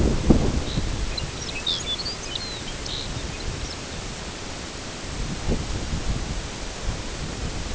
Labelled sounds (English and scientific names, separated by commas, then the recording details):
Lapland Longspur (Calcarius lapponicus)
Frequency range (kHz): Lapland Longspur (Calcarius lapponicus) 1.9-7.0 kHz
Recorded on Arctic tundra, site NAIT-1, on 22 June 2018
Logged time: 13:00